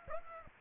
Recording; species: mosquito wingbeat signal from an infrared sensor; Aedes aegypti